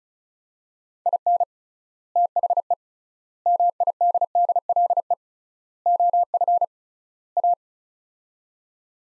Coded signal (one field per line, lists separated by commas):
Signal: Morse code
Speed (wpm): 34 wpm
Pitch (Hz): 700 Hz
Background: none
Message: IN THE MIDDLE OF A